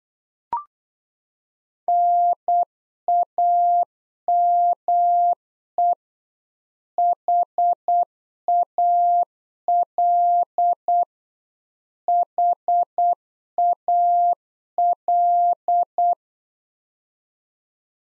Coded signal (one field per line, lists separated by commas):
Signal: Morse code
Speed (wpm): 8 wpm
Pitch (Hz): 700 Hz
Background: none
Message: NAME HAL HAL